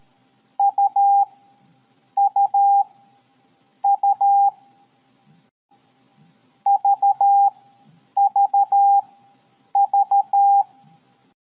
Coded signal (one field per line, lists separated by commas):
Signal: Morse code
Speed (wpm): 13 wpm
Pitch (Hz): 800 Hz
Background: none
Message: UUU VVV